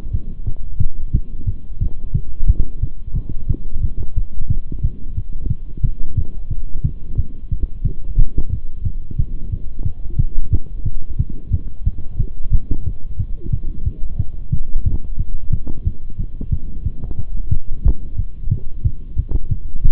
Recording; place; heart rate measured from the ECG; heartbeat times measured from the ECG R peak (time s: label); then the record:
heart sounds by stethoscope; between the tricuspid and mitral areas; 180 bpm
0.14 s: heartbeat
0.47 s: heartbeat
0.80 s: heartbeat
1.14 s: heartbeat
1.47 s: heartbeat
1.81 s: heartbeat
2.15 s: heartbeat
2.48 s: heartbeat
2.82 s: heartbeat
3.15 s: heartbeat
3.50 s: heartbeat
3.83 s: heartbeat
4.17 s: heartbeat
4.50 s: heartbeat
4.84 s: heartbeat
5.17 s: heartbeat
5.50 s: heartbeat
5.84 s: heartbeat
6.17 s: heartbeat
6.51 s: heartbeat
6.84 s: heartbeat
7.18 s: heartbeat
7.51 s: heartbeat
7.85 s: heartbeat
8.19 s: heartbeat
8.52 s: heartbeat
8.86 s: heartbeat
9.19 s: heartbeat
9.53 s: heartbeat
9.86 s: heartbeat
10.19 s: heartbeat
10.53 s: heartbeat
10.86 s: heartbeat
11.19 s: heartbeat
11.53 s: heartbeat
11.86 s: heartbeat
12.20 s: heartbeat
12.53 s: heartbeat
12.86 s: heartbeat
13.20 s: heartbeat
13.53 s: heartbeat
13.86 s: heartbeat
14.19 s: heartbeat
14.52 s: heartbeat
14.86 s: heartbeat
15.19 s: heartbeat
15.53 s: heartbeat
15.86 s: heartbeat
16.19 s: heartbeat
16.52 s: heartbeat
16.86 s: heartbeat
17.18 s: heartbeat
17.52 s: heartbeat
17.85 s: heartbeat
18.18 s: heartbeat
18.51 s: heartbeat
18.85 s: heartbeat
19.18 s: heartbeat
19.51 s: heartbeat
19.85 s: heartbeat
From the record:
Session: Bruce protocol treadmill stress test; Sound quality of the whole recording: partially saturated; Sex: male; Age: 23 years